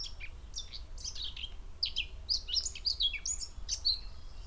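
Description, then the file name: Eurasian blackcap song, brisk warbling starting sparse then quickening into dense chattering and clear whistled notes, with low background rumble. "Sylvia atricapilla"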